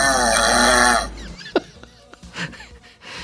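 A single loud, rasping snore from an adult man lasts about a second. It has a strong buzzing, metallic ring, like a tank going by, then fades to quiet room noise with faint clicks. The snoring is loud enough to keep his wife from sleeping, and snoring this loud can go with pauses in breathing during sleep.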